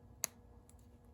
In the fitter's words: hear that click and now it's good